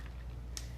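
A mixer attachment is pushed into the body of a kitchen mixer and pops into place with a sharp click at 0.6 s, seating it. Before that there is only a faint low hum and a soft tick near 0.1 s.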